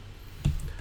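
The folding arm joint of an Osmo Mobile 3 handheld phone gimbal, whose arm and head lock in place with little notches and tabs, is unfolded into position. Two quick clicks are heard at about 0.5 and 0.6 seconds. The arm seats and locks into position.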